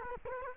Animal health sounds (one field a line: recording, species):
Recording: mosquito wingbeat signal from an infrared sensor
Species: Culex quinquefasciatus